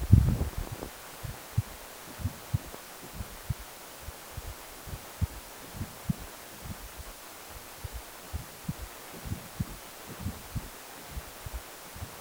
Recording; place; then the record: Doppler ultrasound of blood flow; precordium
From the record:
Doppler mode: continuous wave and pulsed wave in the uncut recording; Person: healthy adult, 18 to 50 years, no heart murmur, not diving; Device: 2.5 MHz transducer